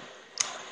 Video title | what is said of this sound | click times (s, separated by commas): Quilt #5 Be Bold Video 1 | this one's really easy it just like kind of pops into place really | 0.4 s